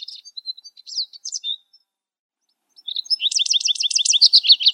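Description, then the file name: Lesser goldfinch song: scattered high chips and short twitters, a brief silence, then a fast, rhythmic run of repeated buzzy notes. "suara lesser goldfinch omkicau"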